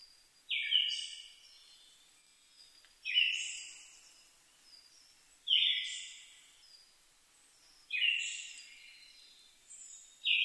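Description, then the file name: Siberian thrush song, five evenly spaced phrases, each a sharp whistled onset dropping into a thin hissing trill, roughly every two and a half seconds, faint bird chirps between. Recorded 2 July 2011 at 05:51. "mamijiro-20110702-0551"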